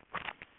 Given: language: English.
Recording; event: throat vibration sensor signal played as sound; swallow